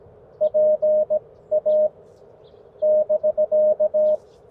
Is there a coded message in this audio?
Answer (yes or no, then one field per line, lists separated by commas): yes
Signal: Morse code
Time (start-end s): 0.4-4.2 s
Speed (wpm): 20 wpm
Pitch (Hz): 600 Hz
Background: none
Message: PA <BK>